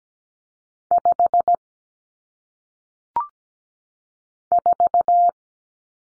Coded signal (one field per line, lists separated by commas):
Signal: Morse code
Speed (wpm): 17 wpm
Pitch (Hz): 700 Hz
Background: none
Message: 5 4